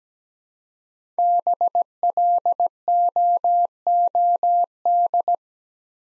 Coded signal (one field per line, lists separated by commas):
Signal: Morse code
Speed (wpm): 17 wpm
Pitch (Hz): 700 Hz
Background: none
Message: BLOOD